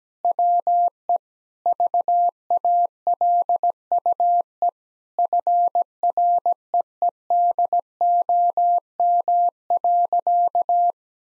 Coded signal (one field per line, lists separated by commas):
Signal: Morse code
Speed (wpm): 17 wpm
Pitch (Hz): 700 Hz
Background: none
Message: WE VALUE FREEDOM.